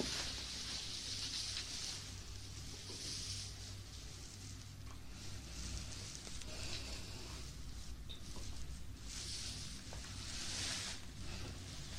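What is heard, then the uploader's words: Aloe vera gel ear massage and sugar eating: a steady wet, crackling hiss runs throughout, swelling into brighter, sticky squishing bursts near the start, around three seconds, and again from nine to eleven seconds. A low, constant hum sits underneath the whole time. Eating sugar, aloe vera gel ear massage.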